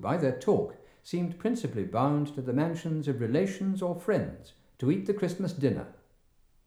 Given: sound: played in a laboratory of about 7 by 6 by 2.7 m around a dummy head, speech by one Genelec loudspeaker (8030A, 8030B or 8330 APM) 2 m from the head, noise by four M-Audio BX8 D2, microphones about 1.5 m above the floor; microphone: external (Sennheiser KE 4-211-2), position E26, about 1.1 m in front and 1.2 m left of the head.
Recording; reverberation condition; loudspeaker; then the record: male speech in English; medium; 60 degrees to the left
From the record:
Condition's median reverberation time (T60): about 510 ms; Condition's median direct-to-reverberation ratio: about -0.5 dB